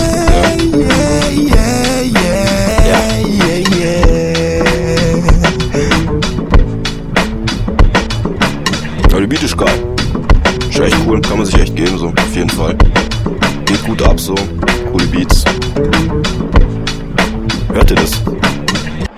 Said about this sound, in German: Regnet ultra, hört mal.